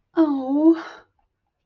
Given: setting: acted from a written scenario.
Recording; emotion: vocal sound without words; sympathy